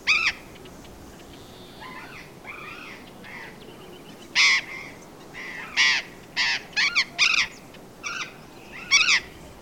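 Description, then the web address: Burrowing parrot screeching calls: scattered, irregular harsh squawks, with some fainter calls between the louder ones. "parrots cyanoliseus-patagonus"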